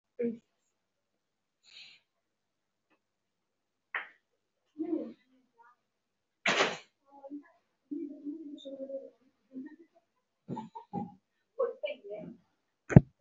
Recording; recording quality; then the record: deep breathing; poor, much background noise or distortion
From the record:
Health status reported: healthy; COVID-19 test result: not tested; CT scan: not taken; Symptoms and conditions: none ticked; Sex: female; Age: 26 years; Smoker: no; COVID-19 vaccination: both doses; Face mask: worn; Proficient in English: yes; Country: India